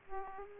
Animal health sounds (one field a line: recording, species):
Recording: mosquito wingbeat signal from an infrared sensor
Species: Aedes aegypti